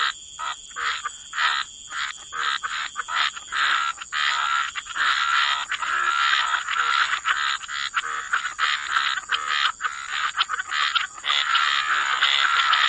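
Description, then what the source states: Frogs croaking, with choppy separate croaks at first building into a thick continuous chorus, over a steady high-pitched tone. Frog chorus mixed with white noise, for sleep.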